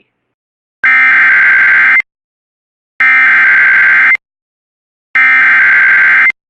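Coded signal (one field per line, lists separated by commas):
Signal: Emergency Alert System (SAME) tones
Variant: header bursts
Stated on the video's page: Valid EAS tones for severe thunderstorm warnings, taken from a satellite LF emulator and weather streams.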